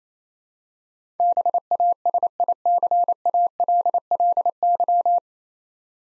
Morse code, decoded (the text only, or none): BASICALLY